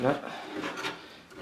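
A plastic SATA power connector is handled as it is brought to the last hard drive, with rasping, rubbing sounds while someone talks briefly. The connector has not clipped in or seated yet.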